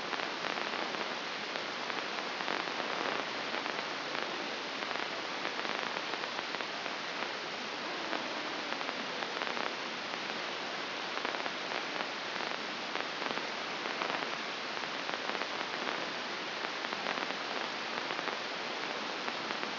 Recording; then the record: brain microelectrode recording played as sound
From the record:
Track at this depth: inside the subthalamic nucleus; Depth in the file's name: 2.632 mm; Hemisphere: left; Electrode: 2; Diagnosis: Parkinson's disease